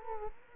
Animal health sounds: mosquito wingbeat signal from an infrared sensor; Culex quinquefasciatus

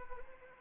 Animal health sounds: mosquito wingbeat signal from an infrared sensor; Anopheles arabiensis

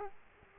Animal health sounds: mosquito wingbeat signal from an infrared sensor; Culex quinquefasciatus

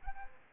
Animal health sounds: mosquito wingbeat signal from an infrared sensor; Aedes aegypti

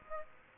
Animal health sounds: mosquito wingbeat signal from an infrared sensor; Aedes aegypti

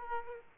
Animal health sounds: mosquito wingbeat signal from an infrared sensor; Aedes aegypti

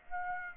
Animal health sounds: mosquito wingbeat signal from an infrared sensor; Aedes aegypti

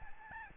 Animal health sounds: mosquito wingbeat signal from an infrared sensor; Aedes albopictus

